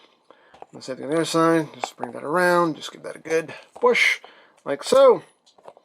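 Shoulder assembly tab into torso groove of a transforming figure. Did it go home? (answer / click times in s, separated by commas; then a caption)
no / none. Someone talks while handling a transforming plastic robot toy figure, shifting its shoulder assembly up and giving it a good push so a small tab goes into a groove in the torso to lock in place. A few faint, brief ticks can be heard near the start and at the very end, but nothing has seated or clicked yet.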